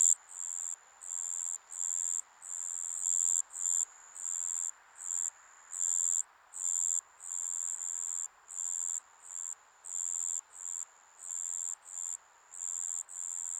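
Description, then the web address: Insects buzzing in high, shrill short bursts separated by short gaps, over a soft steady hiss. Insects in a Japanese summer ambience. "Sound Effects-Foundation 1 AMBIENCE JAPANESE SUMMER INSECTS"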